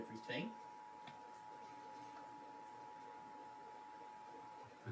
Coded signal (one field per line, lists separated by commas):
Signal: Emergency Alert System (SAME) tones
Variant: 853 and 960 Hz attention tone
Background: speech